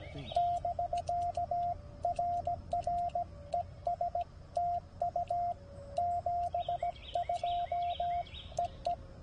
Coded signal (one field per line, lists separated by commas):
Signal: Morse code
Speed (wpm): 17 wpm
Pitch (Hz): 690 Hz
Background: radio noise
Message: <BK> RR ES TU 72 EE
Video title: K-3783 POTA in CW 6 OCT 2023